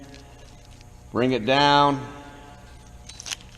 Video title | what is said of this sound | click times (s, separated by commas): Module 5 Pull and Junction Boxes | it'll go just snap it just snaps right in place and then it good luck trying to get it off yeah | 3.3 s